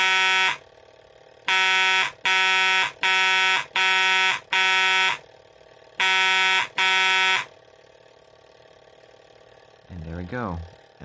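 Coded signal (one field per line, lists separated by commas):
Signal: coded fire alarm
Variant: Couch code wheel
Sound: harsh buzzing alarm bursts in coded groups, 1 then 5 then 2, starting mid-code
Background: room echo, rising tone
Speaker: you'll see the code wheel hit those notches right there and code the fire alarm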